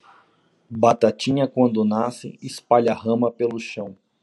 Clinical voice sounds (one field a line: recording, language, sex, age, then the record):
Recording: short text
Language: Brazilian Portuguese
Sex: male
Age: 30 to 39 years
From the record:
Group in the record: control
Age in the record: 37 years